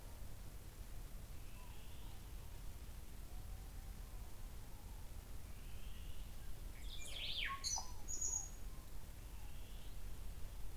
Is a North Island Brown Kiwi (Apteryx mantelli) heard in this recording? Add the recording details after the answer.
no. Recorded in New Zealand on 24 November 2013. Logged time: 03:42. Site CF70